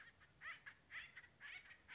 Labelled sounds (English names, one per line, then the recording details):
Acorn Woodpecker
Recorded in Sonoma County, California